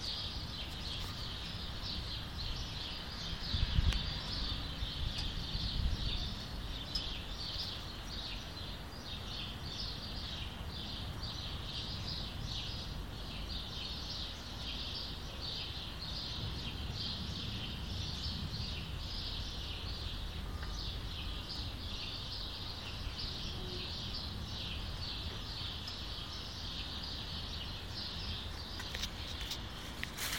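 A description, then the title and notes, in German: Birds twittering in a dense, continuous chorus of high chirps that pulse steadily for the whole half minute. A low rumble runs underneath, with a couple of brief, louder knocks near the start around four and six seconds. Morgengruß: Vogelzwitschern.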